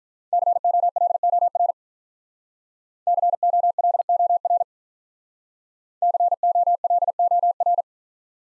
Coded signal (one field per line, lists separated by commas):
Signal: Morse code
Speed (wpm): 47 wpm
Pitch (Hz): 700 Hz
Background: none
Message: COLOR COLOR COLOR